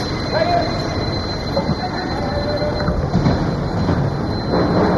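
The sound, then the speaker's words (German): A train rolls along the rails with a steady, heavy rumble, a faint metallic whine running through the noise and occasional clanks from the wheels. “Zug an Zug, Schienen, Horizont, wohin?”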